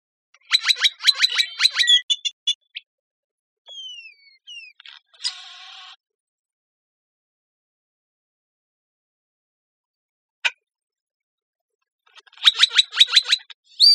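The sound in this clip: Great-tailed grackle giving a rapid series of sharp clicking notes, then falling whistled slurs and a harsh rattle, a lone click, and another burst of clicks.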